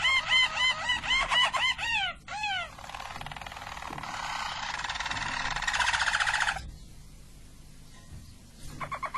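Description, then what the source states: Harz Roller canary song: looping rolled tours, repeated rounded notes, then a long buzzy trill and a softer rolling phrase at the end. Belgian Harz Roller canary.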